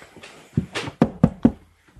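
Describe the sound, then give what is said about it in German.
Three sharp knocks rap out in a quick, even rhythm on a wagon, a hollow wooden surface, preceded by a couple of softer thumps and shuffles. “Er klopft an den Wagen.”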